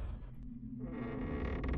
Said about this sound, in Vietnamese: Tiếng kẹo kẹt của cánh cửa gỗ vang lên như thách thức lòng gan dạ của Hận.